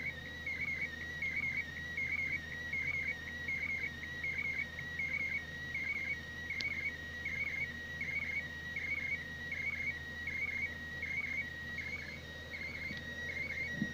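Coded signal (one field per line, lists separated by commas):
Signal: SSTV (slow-scan television)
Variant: PD180 mode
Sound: warbling high tone repeating a rhythmic chirpy cycle roughly every three-quarters second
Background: radio static, low hum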